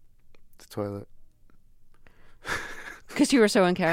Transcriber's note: laughter